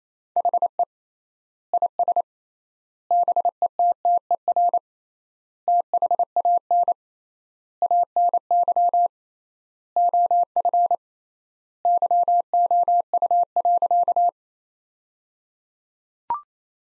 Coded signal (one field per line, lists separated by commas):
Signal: Morse code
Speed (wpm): 27 wpm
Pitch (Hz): 700 Hz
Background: none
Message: HE IS BETTER THAN ANY OF YOU.